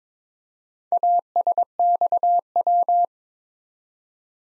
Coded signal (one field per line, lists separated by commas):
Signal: Morse code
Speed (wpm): 22 wpm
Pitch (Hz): 700 Hz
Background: none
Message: ASXW